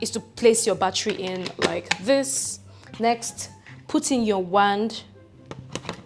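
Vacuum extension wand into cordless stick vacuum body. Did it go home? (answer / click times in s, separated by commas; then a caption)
no / none. Someone talks while setting up an Oraimo UltraCleaner S cordless stick vacuum, first placing the battery in and then pushing the extension wand into the vacuum's main body. A few short, sharp handling ticks are heard near the end of the clip. The wand has not seated or snapped into the body yet.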